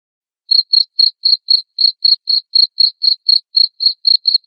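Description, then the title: Cricket giving a loud run of short, high, even chirps, roughly four each second, starting after a brief silence. Loud cricket chirping (ngerik) played to make lovebirds sing (ngekek) continuously. "Suara JANGKRIK NGERIK Keras Bikin LOVEBIRD Jadi NGEKEK Terus Vubey"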